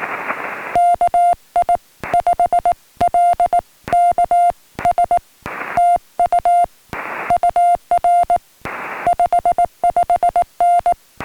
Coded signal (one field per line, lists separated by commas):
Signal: Morse code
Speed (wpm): 18 wpm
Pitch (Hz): 700 Hz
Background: music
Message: KI5LKS TU UR 55N